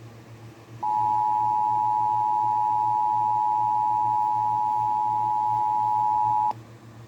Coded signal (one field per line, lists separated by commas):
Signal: Emergency Alert System (SAME) tones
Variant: 853 and 960 Hz attention tone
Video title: REUPLOAD | EAS #101/112 | Minnesota's Required Monthly Test - 06/07/2023